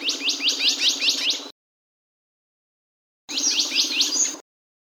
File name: suara kicauan bondol rawa omkicau